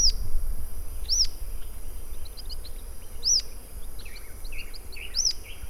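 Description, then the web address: Rough-legged tyrannulet call notes: high, clipped, arched whistles spaced a second or two apart, over low rumbling noise. "sound Rough-legged-tyrannulet. صدای-پرنده-ژیانمرغک-پازبر"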